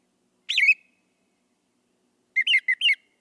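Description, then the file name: Brown thrasher song: one slurred whistled phrase, a pause of over a second, then a rapid run of four brief repeated notes. "suara kicauan brown thrasher. omkicau"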